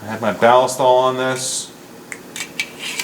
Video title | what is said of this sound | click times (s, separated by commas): SIG SAUER 1911 REVIEW | just clicks right in there drops right out let me do that again but look at that | 2.6 s